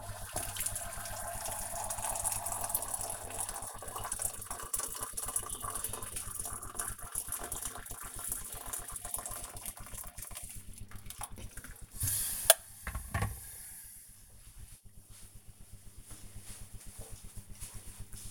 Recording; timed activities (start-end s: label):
household activities, microphone on the right wrist
0.00-13.40 s: making tea